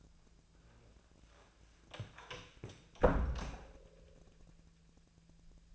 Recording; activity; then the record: daily activity, microphone in the room; close door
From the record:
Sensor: 2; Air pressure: 1000.3 hPa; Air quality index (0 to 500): 173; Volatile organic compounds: 3 ppm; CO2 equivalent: 1438 ppm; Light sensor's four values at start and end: 10/24/10/11 and 10/23/10/10